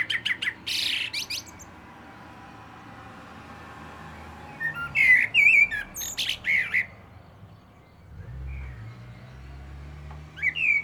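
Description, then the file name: Common blackbird song in three bursts, rich whistled notes topped by high scratchy twittering, with pauses of several seconds between phrases. "Turdus merula"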